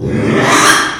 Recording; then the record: squeal of a Yucatan mini pig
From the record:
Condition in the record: after surgery on the right vocal fold (resection and tissue-engineered implant); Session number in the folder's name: 3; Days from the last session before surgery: 33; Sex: male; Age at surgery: 12 weeks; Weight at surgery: 13 kg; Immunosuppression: cyclosporine, prednisolone